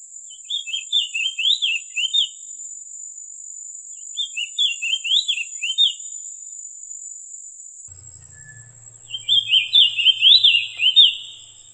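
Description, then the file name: White-eye song: three rapid, jumbled twittering phrases rising and falling, with a constant high whine behind and a brief low rumble near the end. "kacamata halmahera"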